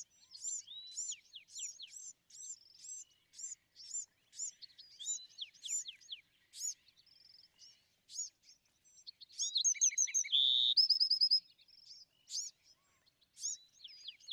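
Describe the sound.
Bewick's wren: a long run of repeated arched chips and slurred notes, then one loud song with a buzz and fast trill before the chips resume.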